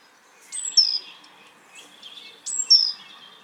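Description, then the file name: Great tit calls, two phrases about two seconds apart, each a sharp high descending note followed by a softer buzzy chatter, over quiet background hiss. "Parus major"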